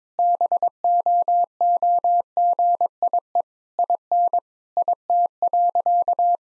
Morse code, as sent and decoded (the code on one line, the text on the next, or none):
-... --- --- --. .. . / .. -. / .. - .-.-.-
BOOGIE IN IT.